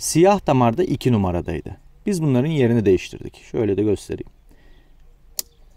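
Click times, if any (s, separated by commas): 5.4 s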